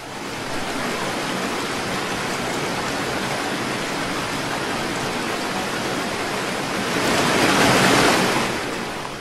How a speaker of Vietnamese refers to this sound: Những con sóng lớn cứ nối nhau va đập, sau lưng dư chấn vẫn chưa dứt. Chỉ trong mấy phút đồng hồ ngắn ngủi, khắp nơi đều là những con sóng chồng lên nhau, cả mặt biển dao động, không theo bất cứ quy luật nào